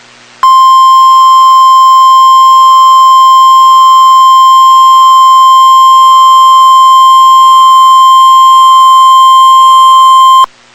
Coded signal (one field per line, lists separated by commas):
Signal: Emergency Alert System (SAME) tones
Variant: 1050 Hz attention tone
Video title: Tornado Warning (EAS #360)